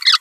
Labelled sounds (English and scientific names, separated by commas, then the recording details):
Green-rumped Parrotlet (Forpus passerinus) babbling
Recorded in a nest box in Venezuela
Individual 18B25A5